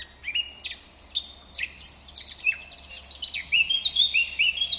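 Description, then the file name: Eurasian blackcap song, a rapid run of bright whistles and twittering notes, nearly continuous. "Sylvia atricapilla"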